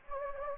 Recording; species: mosquito wingbeat signal from an infrared sensor; Anopheles gambiae